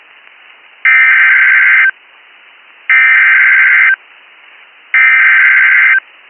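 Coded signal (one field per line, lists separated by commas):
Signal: Emergency Alert System (SAME) tones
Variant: header bursts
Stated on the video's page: Back-to-back Virginia SAME alerts received from the Hagerstown, Maryland NOAA Weather Radio transmitter.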